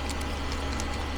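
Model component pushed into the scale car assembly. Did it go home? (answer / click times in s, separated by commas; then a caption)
no / none. A plastic/metal part is pushed up into its final position on a 1:8 scale Red Bull RB19 model car build. Small contact and handling sounds, including a brief sharp tap at 0.8 s, play over a steady low hum. The part has not seated or clicked yet.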